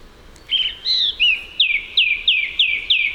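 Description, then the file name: Eurasian blackcap song: a clear whistled opening, then five loud, fluty, downslurred notes repeated at a steady quick pace, about three per second. "Sylvia atricapilla"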